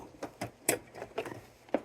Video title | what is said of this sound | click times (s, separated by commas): Installing AUXITO LED Headlights on a Beaten Toyota Yaris (2007 Hatchback Upgrade!) | Push it till it snaps in like that. So now it won't move. | 0.7 s